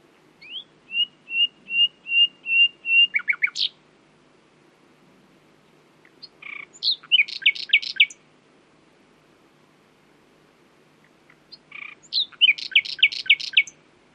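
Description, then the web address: Common nightingale song opening with a slow crescendo of repeated piping whistles, then after pauses two bursts of fast metallic trills. "owen Common Nightingale (Luscinia megarhynchos)"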